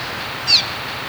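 Cave swallow giving a single short, thin, high call note over steady background hiss.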